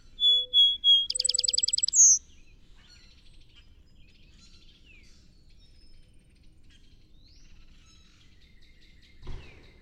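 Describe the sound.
Song sparrow song of three steady whistled notes and a rapid buzzy trill, followed by quiet background and a single soft thump near the end.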